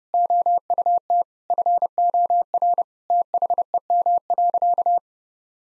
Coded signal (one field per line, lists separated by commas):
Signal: Morse code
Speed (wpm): 32 wpm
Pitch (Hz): 700 Hz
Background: none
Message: OUT FOR THEM.